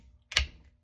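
A firearm's bolt/action closes on a dummy round during a function check, chambering it and locking into battery. A sharp double click is heard at 0.3 s and 0.4 s, followed by a brief ringing tail. The action locks after chambering.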